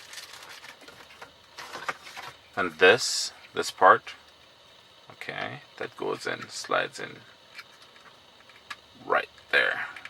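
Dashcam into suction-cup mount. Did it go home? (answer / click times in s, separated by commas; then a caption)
no / none. A Chortau Mini dashcam is handled and slid toward its plastic suction-cup windshield mount while someone talks, with light plastic taps and rustling between the words. Nothing has seated or clicked yet; the dashcam is not yet home in the mount.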